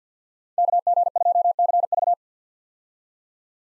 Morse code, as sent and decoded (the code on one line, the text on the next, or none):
-.- --. ..--- -.-. ...-
KG2CV